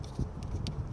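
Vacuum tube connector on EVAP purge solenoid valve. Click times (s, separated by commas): 0.7 s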